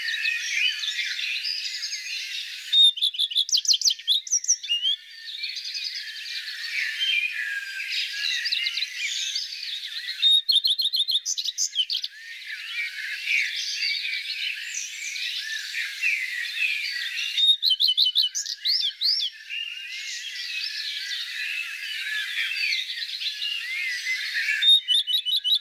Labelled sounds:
Common Redstart (Phoenicurus phoenicurus) song

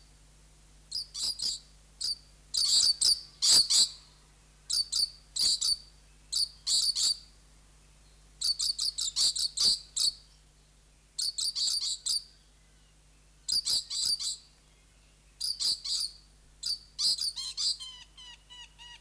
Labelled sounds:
Coconut Lorikeet (Trichoglossus haematodus)

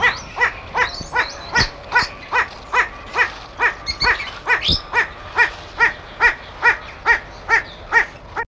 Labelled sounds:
Satyr Tragopan (Tragopan satyra) call

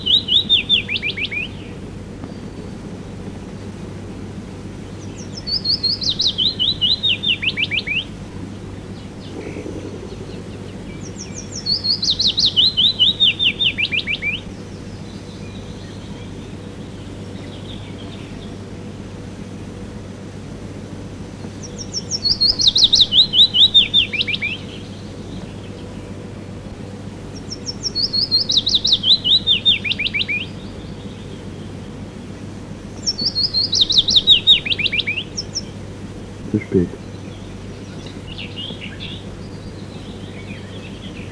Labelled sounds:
Willow Warbler (Phylloscopus trochilus) song

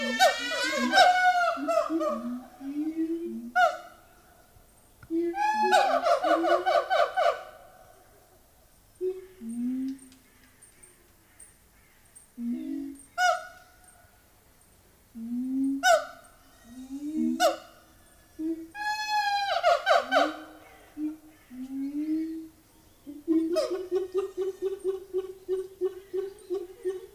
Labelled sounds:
Siamang (Symphalangus syndactylus)

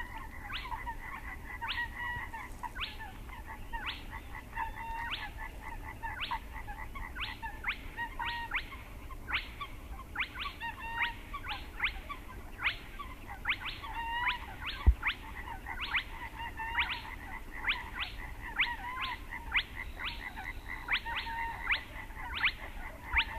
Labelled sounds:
Spotted Crake (Porzana porzana)

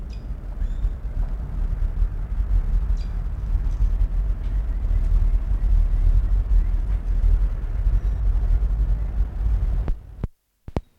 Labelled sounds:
Chamois (Rupicapra rupicapra)

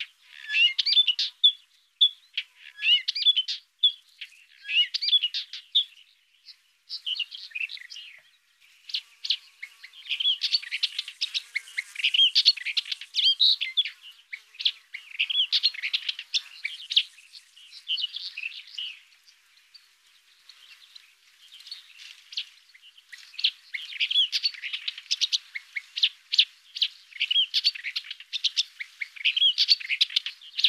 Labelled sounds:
Upcher's Warbler (Hippolais languida) song

